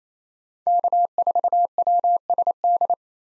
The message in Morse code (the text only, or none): K4WSD